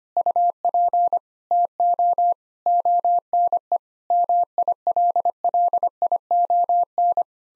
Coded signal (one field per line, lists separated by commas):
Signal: Morse code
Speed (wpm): 25 wpm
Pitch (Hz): 700 Hz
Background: none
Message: UP TO ONE MILLION